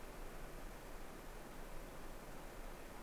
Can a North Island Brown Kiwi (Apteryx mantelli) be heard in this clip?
no